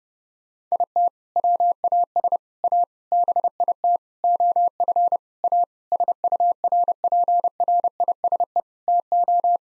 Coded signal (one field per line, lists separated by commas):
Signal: Morse code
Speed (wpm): 32 wpm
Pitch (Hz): 700 Hz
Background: none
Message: IT WAS A BIT OF A SURPRISE TO